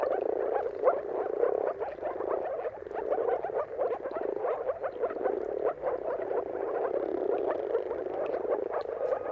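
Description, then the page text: Moor frog mating chorus: a steady wash of low, bubbling, water-like calls from many frogs, rising and falling slightly in intensity. Chorus of many moor frogs giving mating calls at sunrise, at the turn of March and April depending on weather. "Jakub-Orzecki moor frogs. Dawn’s Chorus: Mating Calls of Marsh Frogs at Sunrise. Depending on the weather at the turn of March and April, you can witness an amazing spectacle of moor frogs"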